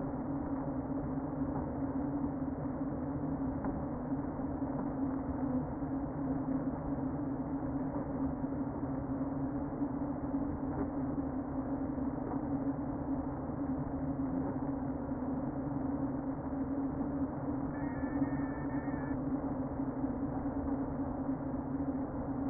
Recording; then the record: honeybee colony, microphone inside the hive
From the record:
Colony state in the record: queen present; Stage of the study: before two queens were removed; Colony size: about 60,000 bees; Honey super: yes